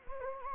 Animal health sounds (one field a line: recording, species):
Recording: mosquito wingbeat signal from an infrared sensor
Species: Anopheles gambiae